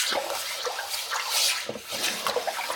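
Water from a tap drips and trickles in a steady hiss, with small splashy plinks scattered irregularly on top, as two deep plates and a cutting board are washed at a sink, with no voices.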